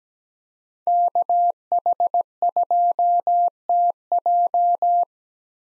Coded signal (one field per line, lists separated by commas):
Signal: Morse code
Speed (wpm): 17 wpm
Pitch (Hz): 700 Hz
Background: none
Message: KH2TJ